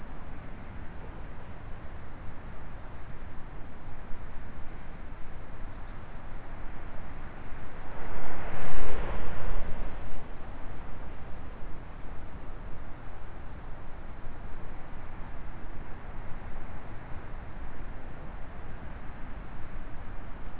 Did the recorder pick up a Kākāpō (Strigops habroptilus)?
no